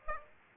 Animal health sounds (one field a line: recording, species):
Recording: mosquito wingbeat signal from an infrared sensor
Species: Aedes aegypti